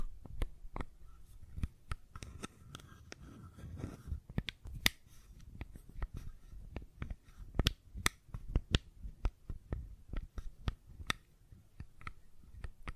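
Fidget cube tapping and clicking: sharp, bright clicks come irregularly throughout, several per second at times, with brief pauses between clusters. Softer low thumps and rubbing sounds fill the gaps, and a faint steady hum sits underneath.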